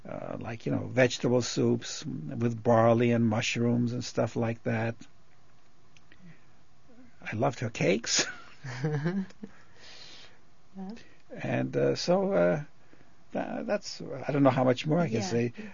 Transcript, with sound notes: Like, you know, vegetable soups with barley and mushrooms and stuff like that. I loved her cakes. () ( they laugh ) So, uh, that's, I don't know how much more I can say.